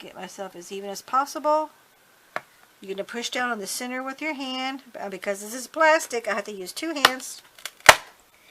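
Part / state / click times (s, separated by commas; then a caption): plastic spiral binding spine into punched notebook pages / seated / 7.7 s, 7.8 s, 7.9 s. Someone talks while lining up a 5/16-inch plastic snap-close spiral binding spine on punched, laminated notebook pages, then presses down on the centre of the spine with both hands. Three sharp snaps are heard at 7.7, 7.8 and 7.9 seconds as the spine's loops snap shut through the pages and the binding seats closed.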